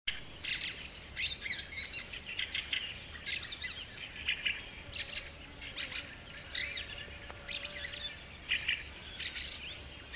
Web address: multi voiced bird singing at dawn in the summer garden